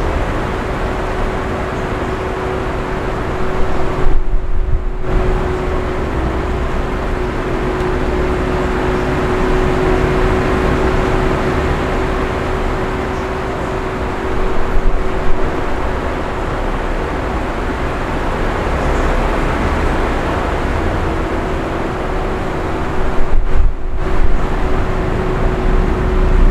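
A fan hums steadily with a constant low tone and dense whooshing air, briefly dipping near five seconds and again around twenty-four.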